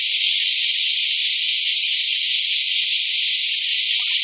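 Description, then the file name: Bear cicada singing, an intense, unbroken metallic buzz with a faint pulsing texture, steady in loudness from start to finish. Recorded on 2011-07-23. "110723 kumazemi"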